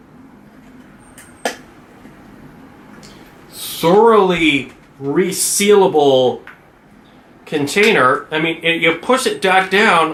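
A plastic lid on a resealable drink container is pushed back down and snaps shut with a sharp click at 1.4 s, locking into place. A fainter tick comes just before at 1.2 s. Afterward someone talks.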